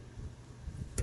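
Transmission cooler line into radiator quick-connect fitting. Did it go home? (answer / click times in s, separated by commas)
yes / 1.0 s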